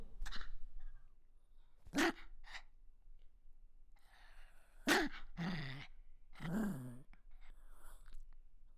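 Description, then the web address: Toy poodle sniffing and snorting, sharp nasal huffs in scattered bursts with quiet breathing between them. Toy poodle recorded close-up, sniffling. "Toy Poodle Dog CU Growls and Sniffles"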